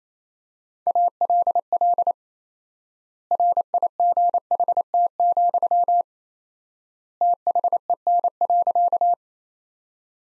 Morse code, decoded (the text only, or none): ALL RIGHT, THEN.